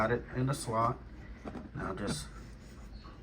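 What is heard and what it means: A new suspension rod for a Maytag MVW7232HWO washer is handled at its mount on the tub while someone talks. It is about to be pulled up into place, but nothing has seated or clicked yet.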